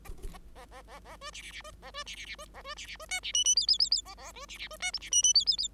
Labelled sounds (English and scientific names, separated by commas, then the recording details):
Bengalese Finch (Lonchura striata domestica) song
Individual Bird5